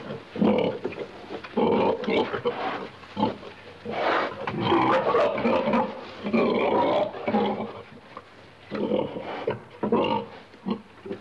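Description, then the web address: Pig grunts, dense and rasping, overlapping in irregular clusters with short gaps, some bursts louder and harsher than others. Pig grunting in a pen. "pig grunting in pen animal"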